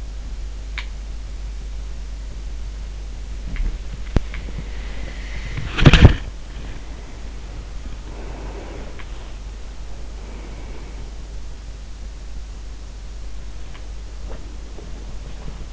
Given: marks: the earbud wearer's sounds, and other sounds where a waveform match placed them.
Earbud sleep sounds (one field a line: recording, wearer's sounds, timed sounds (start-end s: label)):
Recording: sounds in sleep by an in-ear microphone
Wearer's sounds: body movement, breath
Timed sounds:
0.00-15.72 s: body movement
7.99-10.81 s: breath